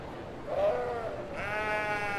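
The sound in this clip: Sheep bleating: a short wavering bleat near the start, then a longer harmonic-rich bleat that holds steady to the end.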